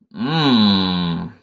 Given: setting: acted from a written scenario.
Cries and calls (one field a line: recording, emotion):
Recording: vocal sound without words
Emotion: desire